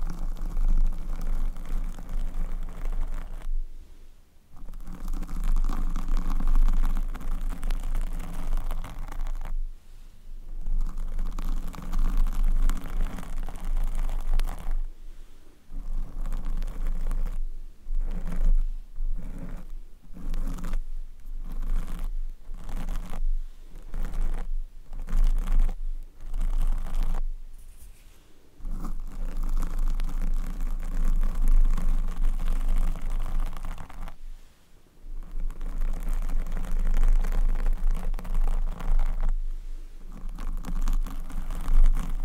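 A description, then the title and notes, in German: Scratching and rubbing against a microphone's protective cover, a dense, rough noise with a strong low rumble. The scraping runs in bursts broken by brief silences, which come quickly and irregularly between about 15 and 30 seconds. Mic Scratching. In dieser Folge erzeuge ich mit meinem Mikrofon Schutz Kratzgeräusche.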